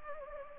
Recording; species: mosquito wingbeat signal from an infrared sensor; Anopheles arabiensis